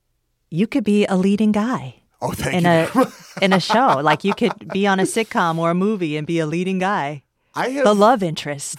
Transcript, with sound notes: you could be a leading guy...
Oh, thank you (laughter).
...In a show. Like, you could be on a sitcom or a movie and be a leading guy, a love interest.